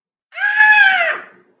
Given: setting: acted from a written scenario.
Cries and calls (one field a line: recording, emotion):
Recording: vocal sound without words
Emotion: fear